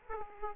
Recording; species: mosquito wingbeat signal from an infrared sensor; Aedes aegypti